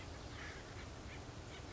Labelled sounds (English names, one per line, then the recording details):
Acorn Woodpecker
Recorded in Sonoma County, California